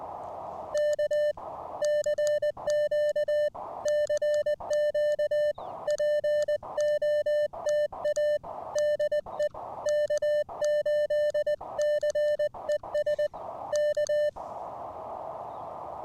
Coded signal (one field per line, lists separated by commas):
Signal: Morse code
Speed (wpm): 20 wpm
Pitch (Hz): 600 Hz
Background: music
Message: K CQ CQ POTA DE K8CES K